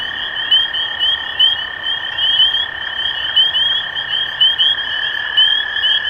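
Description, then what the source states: Spring peepers in full chorus, sharp upslurred peeps standing out roughly every second above a continuous high ringing and a steady lower hum. Recorded 23 March 2012.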